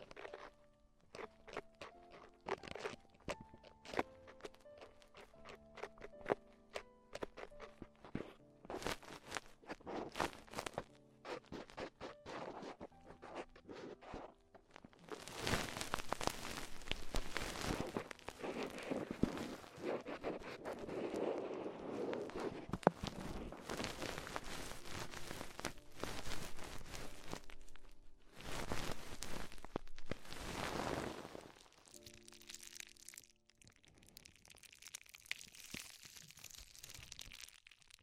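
Ear-exploration sounds, with the first fifteen seconds made of quick, sharp crackling taps over faint tonal lines. After that a dense, steady rustling and crunching takes over, loud and full, broken by short pauses near thirty and thirty-three seconds before easing into softer, brighter scratching.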